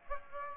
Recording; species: mosquito wingbeat signal from an infrared sensor; Aedes aegypti